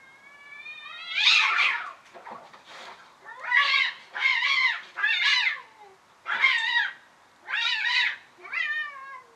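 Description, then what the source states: Cat yowling in a fight, loud harsh wavering screams in repeated bursts, rising and falling, with brief pauses between outbursts. Catfight.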